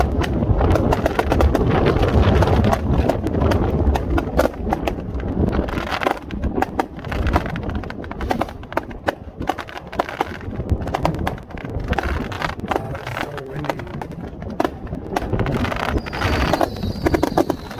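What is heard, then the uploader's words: A fireworks show in Wasilla, Alaska, heard as a dense, unbroken crackle of sharp pops over a deep, rolling rumble. The bursts come fast and irregular for the full eighteen seconds, easing slightly around the middle before building again, with a faint whistle near the end. New Year's Eve. Wasilla AK Fireworks. Shot with my Samsung Galaxy S20+. Fireworks Show in Wasilla, AK.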